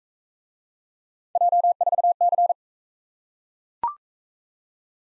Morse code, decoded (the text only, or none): J4C